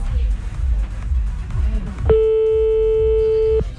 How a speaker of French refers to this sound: Tu peux pas répondre au téléphone, bordel.